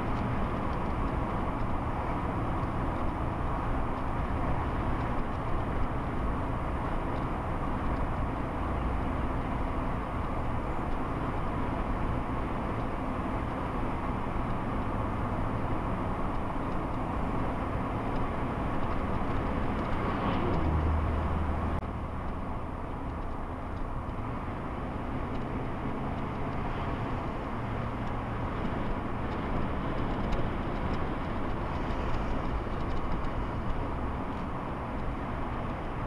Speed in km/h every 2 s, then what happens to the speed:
63, 61, 61, 60, 58, 58, 58, 58, 58, 60, 58, 60, 61, 64, 64, 63, 63, 64.
10-36 speeds up to 64.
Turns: none.